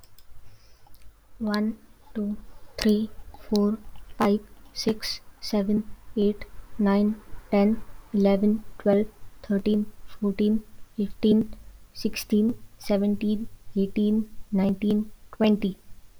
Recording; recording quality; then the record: counting at a normal pace; excellent, no background noise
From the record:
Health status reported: healthy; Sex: female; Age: 25 years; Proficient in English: yes